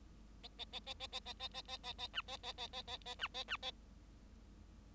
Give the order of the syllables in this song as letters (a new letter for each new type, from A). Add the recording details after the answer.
A A A A A A A A A A A A B A A A A A A B A B A. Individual Bird7